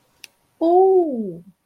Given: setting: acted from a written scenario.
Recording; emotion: vocal sound without words; adoration